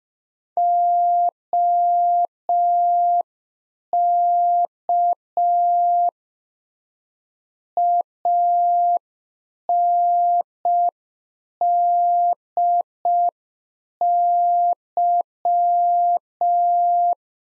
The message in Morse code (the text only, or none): OK ANDY